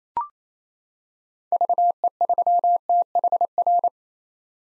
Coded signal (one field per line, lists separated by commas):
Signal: Morse code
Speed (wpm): 27 wpm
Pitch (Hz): 700 Hz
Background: none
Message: VE3THR